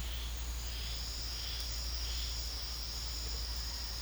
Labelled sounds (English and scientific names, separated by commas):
none